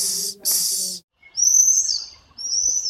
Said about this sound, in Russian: Если вы видите в воздухе черный якорь, и там белое, только маленькое пятнышко на подбородке, то это стриж. Он еще свистит вот так.